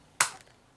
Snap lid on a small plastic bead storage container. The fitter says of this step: make sure it clicks make sure that it is closed but